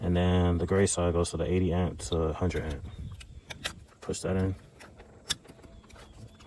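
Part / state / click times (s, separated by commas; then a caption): wiring harness connector into fusible link box / seated / 5.3 s. A gray multi-pin plastic wiring harness connector is pushed into the 80 A to 100 A side of a Nissan/Infiniti fusible link box during a fusible link box replacement. Someone talks at first, then a few faint ticks and handling noises follow. A sharp click at 5.3 s marks the connector seating.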